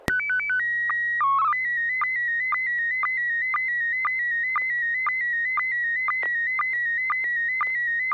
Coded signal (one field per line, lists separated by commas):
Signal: SSTV (slow-scan television)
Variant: PD 120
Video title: N6NA SSTV Net - 08/14/2024